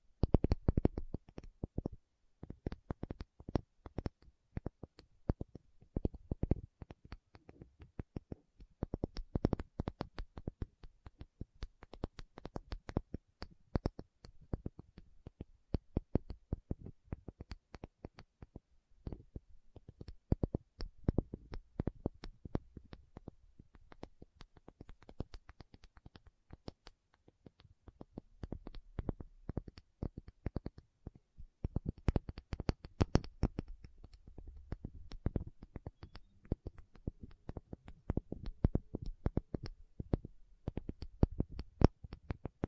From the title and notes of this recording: ASMR 1 Hour Tapping Session (No Talking).